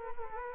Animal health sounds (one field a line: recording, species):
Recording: mosquito wingbeat signal from an infrared sensor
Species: Culex quinquefasciatus